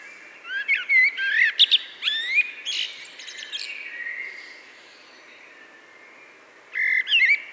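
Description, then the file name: Eurasian blackbird singing varied fluty, warbling notes mixed with thin high squeaks, a busy burst early on, a lull, then a final loud phrase. "Turdus merula"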